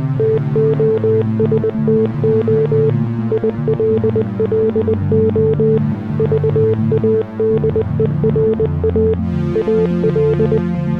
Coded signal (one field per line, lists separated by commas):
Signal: Morse code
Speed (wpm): 20 wpm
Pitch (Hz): 440 Hz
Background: music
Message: TOSTO ILLO VADERA AL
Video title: Le message (texto e musica in codice Morse e notas musical)